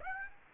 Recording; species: mosquito wingbeat signal from an infrared sensor; Aedes aegypti